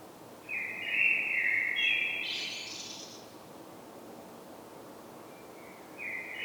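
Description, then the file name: Common blackbird delivering a long mellow fluted phrase that climbs into a high squeaky twitter, then a long quiet pause and the opening of the next phrase. "Turdus merula"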